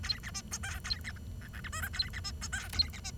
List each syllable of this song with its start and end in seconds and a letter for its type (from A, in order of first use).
0.03-0.19 A, 0.23-0.31 B, 0.34-0.41 C, 0.51-0.58 D, 0.63-0.79 E, 0.84-0.98 A, 1.04-1.12 B, 1.16-1.18 C, 1.41-1.48 F, 1.53-1.60 G, 1.64-1.69 H, 1.72-1.82 I, 1.82-1.89 J, 1.93-2.09 A, 2.13-2.20 B, 2.24-2.31 C, 2.41-2.48 D, 2.52-2.68 E, 2.73-2.89 A, 2.93-3.00 B, 3.04-3.11 C